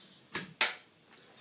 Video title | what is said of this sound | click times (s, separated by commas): Testing the WFP Waters with Mark the Window Cleaner - Part 2 | snaps into place there you go we're all set to connect this up | 0.6 s